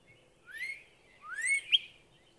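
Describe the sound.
Northern cardinal song: two clear whistles sweeping upward, the second longer and ending in a short sharp note.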